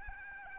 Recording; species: mosquito wingbeat signal from an infrared sensor; Aedes albopictus